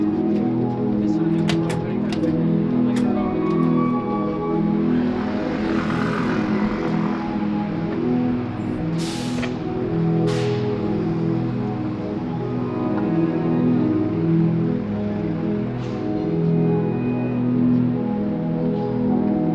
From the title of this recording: NYC Street performance